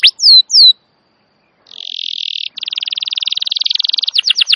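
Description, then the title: Canary song: a few sweeping high whistled notes, a pause, then a buzzy trill and a long rapid rolling trill ending in quick sweeps. Wild canary song, used as master recording to lure or train canaries. "Pikat Kenari GACOR PANJANG INI Cocok Untuk Masteran KENARI LIAR"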